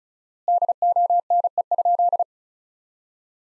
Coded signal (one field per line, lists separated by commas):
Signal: Morse code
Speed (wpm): 36 wpm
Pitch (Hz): 700 Hz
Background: none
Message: DONE?